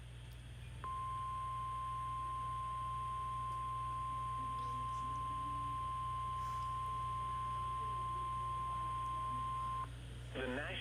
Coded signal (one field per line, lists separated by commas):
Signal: Emergency Alert System (SAME) tones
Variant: 1050 Hz attention tone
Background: speech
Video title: Severe thunderstorm warning in Boulder! | EAS #12